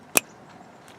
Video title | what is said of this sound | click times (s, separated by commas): AUTOONE LED lights upgrade (10SF) - 2014 Dodge Journey | then slide it in you should click into place just | 0.2 s